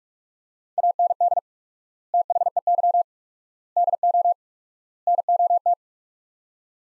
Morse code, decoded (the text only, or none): AND THEY DO NOT